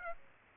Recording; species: mosquito wingbeat signal from an infrared sensor; Aedes aegypti